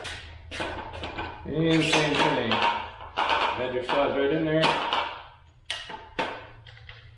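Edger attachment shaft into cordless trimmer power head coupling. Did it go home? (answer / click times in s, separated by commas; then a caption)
yes / 5.7 s. An edger attachment shaft is slid into the coupling of a Milwaukee M18 cordless string trimmer power head while someone talks. A sharp, wood-block-like click at 5.7 s marks the attachment latching, followed by a few quieter taps. The edger attachment is locked in and seated in the trimmer coupling.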